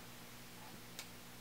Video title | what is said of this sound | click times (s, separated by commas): Crimping and Assembling a Packard Weather Pack Connector | there's a click that lets you know it's been seated and then you can | 1.0 s